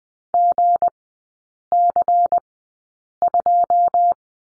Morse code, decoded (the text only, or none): GC2